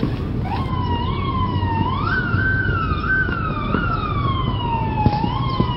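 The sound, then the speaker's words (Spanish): A police siren, arriving at the scene, wails steadily, its tone sliding slowly up and then gradually down in long sweeps, layered over a constant low rumble of traffic. No one speaks. “No lo había visto morir, pero al escuchar las sirenas de la policía llegando al lugar sabía que así había sido.”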